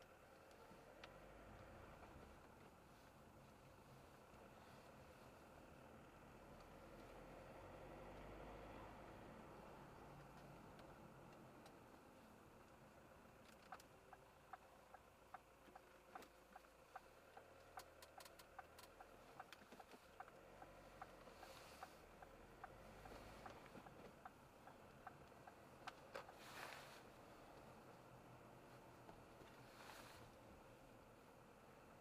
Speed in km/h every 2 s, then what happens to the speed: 25, 27, 28, 35, 39, 29, 15, 0, 7, 9, 20, 26, 29, 33, 31, 29.
0-8 speeds up to 39. 8-14 brakes to 0. 15-25 pulls away to 33. 25-32 steady at about 31.